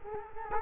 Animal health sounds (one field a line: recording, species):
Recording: mosquito wingbeat signal from an infrared sensor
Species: Culex quinquefasciatus